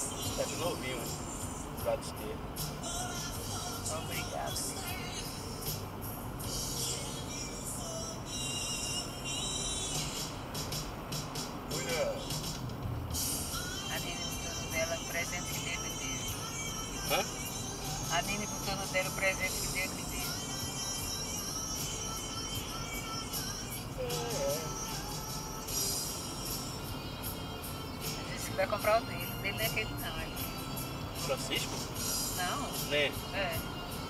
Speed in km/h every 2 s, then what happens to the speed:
69, 68, 69, 68, 71, 69, 66, 65, 65, 67, 66, 65, 67, 68, 71, 74, 76.
0-9 steady at about 69. 9-13 slows to 65. 13-23 steady at about 65. 23-34 speeds up to 76.